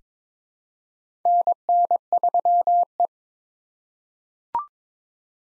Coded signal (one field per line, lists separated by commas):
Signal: Morse code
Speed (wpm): 22 wpm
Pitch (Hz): 700 Hz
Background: none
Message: NN3E